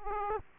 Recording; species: mosquito wingbeat signal from an infrared sensor; Aedes aegypti